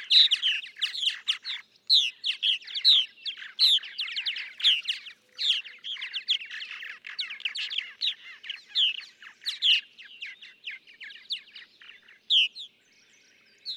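Purple martin song, a rich run of gurgling, chirping and rolling notes, with brief pauses near two and five seconds and a fading close.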